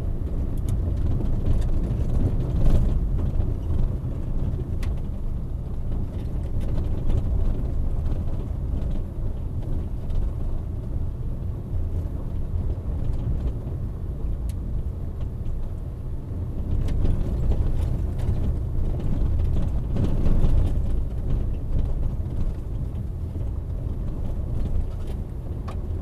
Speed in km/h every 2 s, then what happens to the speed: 25, 23, 19, 17, 17, 19, 20, 20, 21, 21, 20, 19, 20.
0-5 slows to 17. 5-26 steady at about 20.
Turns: none.